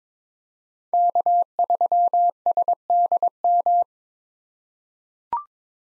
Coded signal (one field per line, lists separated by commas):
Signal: Morse code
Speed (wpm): 22 wpm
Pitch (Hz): 700 Hz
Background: none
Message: K3SDM